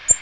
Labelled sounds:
Black-throated Green Warbler flight call

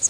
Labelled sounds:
Magnolia Warbler flight call

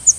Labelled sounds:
Yellow-throated Warbler flight call

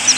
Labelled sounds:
Yellow-throated Warbler flight call

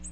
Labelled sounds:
Ovenbird flight call

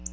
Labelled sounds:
Black-throated Blue Warbler flight call

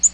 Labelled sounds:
Black-throated Green Warbler flight call

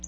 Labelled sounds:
Black-throated Blue Warbler flight call

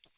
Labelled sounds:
Hooded Warbler flight call

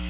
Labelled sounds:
Black-throated Blue Warbler flight call

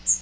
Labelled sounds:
Magnolia Warbler flight call

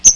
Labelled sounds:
Chestnut-sided Warbler flight call

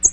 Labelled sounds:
American Redstart flight call

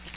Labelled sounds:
Hooded Warbler flight call

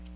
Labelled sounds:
Ovenbird flight call

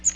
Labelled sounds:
Magnolia Warbler flight call

